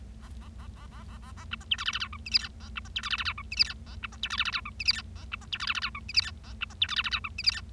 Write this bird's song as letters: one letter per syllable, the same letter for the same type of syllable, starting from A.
A A A A A A A A B C D E F F G H I J K A B C D E F F G H I J K A B C D E F F G H I J K A B C D E F F G H I J K A B C D E F F G H I J K